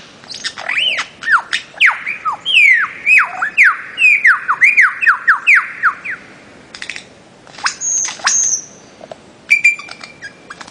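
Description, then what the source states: Bird-of-paradise song: a long run of rapid downslurred whistles, roughly two per second, followed by sharp clicks and a high steady tone. Master song used for training songbirds.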